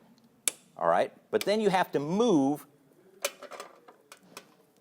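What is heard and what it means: A click-type torque wrench set to about 100 ft-lb is applied to the rear axle nut of a touring motorcycle, and a single sharp, loud click rings out at 0.5 s as the wrench reaches its setting. Someone talks over the work, followed by a few fainter ticks and taps between about 3.2 and 4.4 s.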